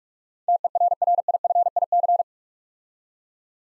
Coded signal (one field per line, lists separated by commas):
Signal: Morse code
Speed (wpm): 44 wpm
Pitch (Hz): 700 Hz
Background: none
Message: TERRIFIC